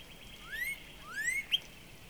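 Northern Cardinal song: two smooth upslurred whistles in quick succession, capped by a single sharp high note.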